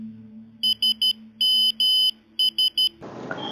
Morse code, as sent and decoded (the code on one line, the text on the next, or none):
... -- ...
SMS